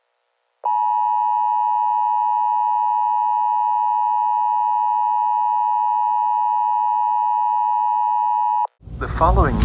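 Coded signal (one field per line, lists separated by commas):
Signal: Emergency Alert System (SAME) tones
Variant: 853 and 960 Hz attention tone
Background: speech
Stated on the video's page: Fictional EAS scenario.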